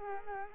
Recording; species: mosquito wingbeat signal from an infrared sensor; Culex quinquefasciatus